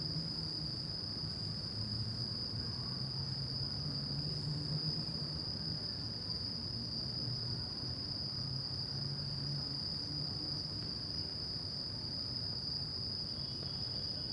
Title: Arrondissement de Shinjuku, Japon - Shinjuku Gyoen Park - Crickets at night.